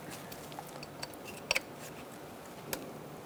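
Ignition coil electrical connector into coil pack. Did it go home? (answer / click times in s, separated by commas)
no / none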